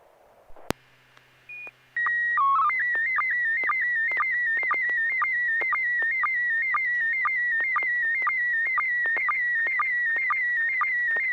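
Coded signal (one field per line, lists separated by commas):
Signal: SSTV (slow-scan television)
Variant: PD120 mode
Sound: steady whistle, quick header chirps, then a warbling tone with regular clicks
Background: low mains hum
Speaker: i have a picture i'd like to send it in pd120 it's got some fine detail in it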